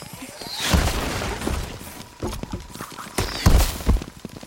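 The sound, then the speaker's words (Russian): Large hail pounds down in a dense, irregular clatter of sharp cracks and knocks, with heavier crashing thuds bursting out twice amid the steady barrage. “Вилли удивленно смотрит на падающий большой град.”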